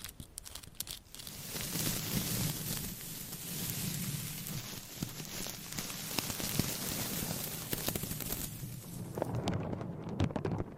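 Steady scratching and brushing, dense and bright, with scattered sharp taps throughout and a brief quieter moment near the start.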